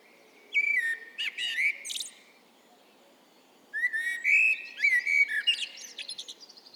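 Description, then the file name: Eurasian blackbird singing two phrases of melodious whistles, each closing in a squeaky, high-pitched twitter, separated by a short pause. "Turdus merula"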